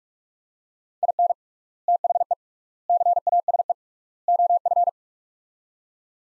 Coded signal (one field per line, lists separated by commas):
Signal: Morse code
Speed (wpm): 42 wpm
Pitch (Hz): 700 Hz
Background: none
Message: IN THE CASE OF